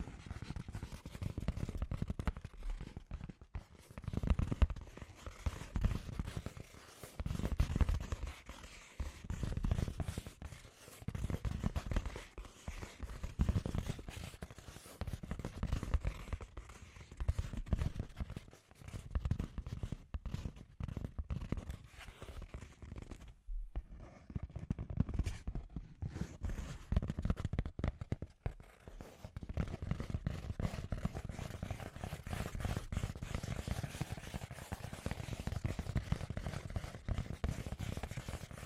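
Scratchy tapping runs almost nonstop for the whole stretch, a dense, irregular patter of small clicks and rubbing scrapes with a heavy low thump underneath. Brief pauses break it near 3 seconds and again around 23 seconds, then the busy scratching picks back up.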